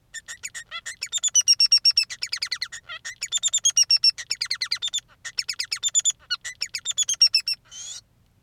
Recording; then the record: song of a male Bengalese finch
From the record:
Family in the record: son of father 3